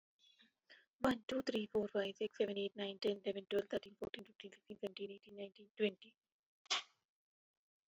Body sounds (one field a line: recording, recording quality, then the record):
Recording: counting at a normal pace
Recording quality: excellent, no background noise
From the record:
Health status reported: COVID-19 positive, mild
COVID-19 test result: positive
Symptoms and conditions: cough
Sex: female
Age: 54 years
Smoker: not ticked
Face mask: not worn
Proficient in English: yes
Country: India